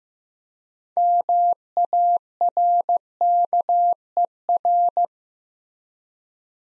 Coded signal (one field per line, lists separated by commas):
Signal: Morse code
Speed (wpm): 15 wpm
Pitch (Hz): 700 Hz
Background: none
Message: MARKER